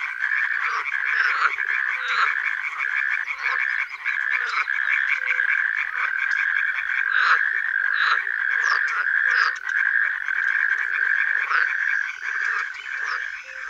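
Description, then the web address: Frogs croaking in a thick, continuous chorus, countless overlapping rattling notes with no pauses, steady in loudness from start to finish. Frog chorus in a primeval forest. "Tajemnice puszczy Koncert zab"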